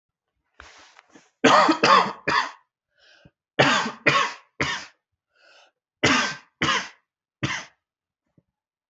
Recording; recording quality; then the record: heavy voluntary cough; excellent, no background noise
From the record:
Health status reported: healthy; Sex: male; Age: 23 years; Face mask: not worn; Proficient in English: yes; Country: India